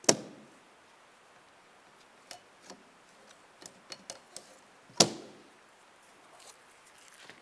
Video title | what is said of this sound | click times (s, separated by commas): How to Replace Wiper Blades 2004-2010 BMW X3 | and take the new wiper blade and just slide it in, make sure it locks in place. | 0.1 s, 5.0 s